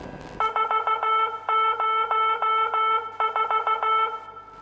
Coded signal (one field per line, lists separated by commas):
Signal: Morse code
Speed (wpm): 15 wpm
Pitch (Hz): 1320 Hz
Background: music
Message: 404